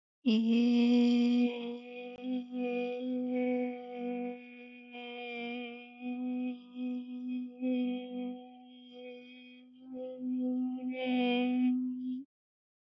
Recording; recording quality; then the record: sustained vowel as in made; excellent, no background noise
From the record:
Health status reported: respiratory illness, not identified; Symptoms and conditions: asthma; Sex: female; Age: 27 years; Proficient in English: yes